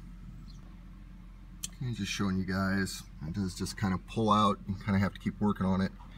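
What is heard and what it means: A center console trim panel clipped into the dashboard is worked loose by hand, and a sharp snap at 1.6 s marks its retaining clips releasing. Someone talks throughout. The panel comes free from the dash.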